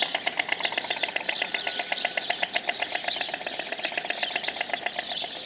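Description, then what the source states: Stork bill clattering: steady, fast rattling pulses throughout. Recorded 29 April 2012.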